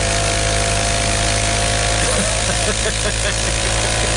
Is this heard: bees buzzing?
no